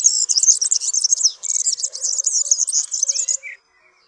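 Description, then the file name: European serin song: a continuous, very high, scratchy jingling trill for about three and a half seconds, with a brief dip midway, ending in a slurred note. "KULCZYK"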